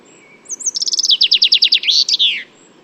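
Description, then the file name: Common chaffinch song, a cascading series of sharp notes falling in pitch before a bright terminal flourish; faint hiss behind. "Fringilla coelebs"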